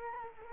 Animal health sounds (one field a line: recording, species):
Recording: mosquito wingbeat signal from an infrared sensor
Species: Culex quinquefasciatus